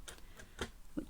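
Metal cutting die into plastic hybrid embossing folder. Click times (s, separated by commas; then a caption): 0.6 s. A thin metal cutting die is pushed into the inside of a plastic hybrid embossing folder and wriggled around the raised embossing, going in easily. Light ticks come at about 0.2 s and 1.0 s, with the strongest click at 0.6 s as the die locks into place in the folder.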